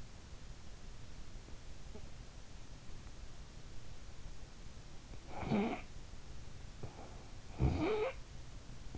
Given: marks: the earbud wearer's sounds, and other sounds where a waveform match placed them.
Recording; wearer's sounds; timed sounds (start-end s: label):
sounds in sleep by an in-ear microphone; snoring breath
4.94-6.17 s: snoring breath
7.34-8.57 s: snoring breath